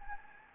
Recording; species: mosquito wingbeat signal from an infrared sensor; Anopheles gambiae